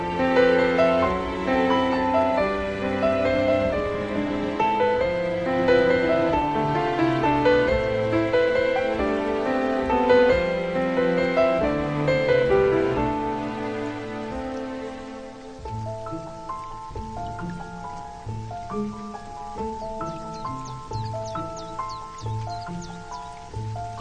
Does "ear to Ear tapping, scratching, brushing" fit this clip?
no